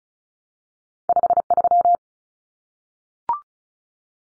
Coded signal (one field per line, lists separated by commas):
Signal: Morse code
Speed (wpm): 34 wpm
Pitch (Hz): 700 Hz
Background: none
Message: 53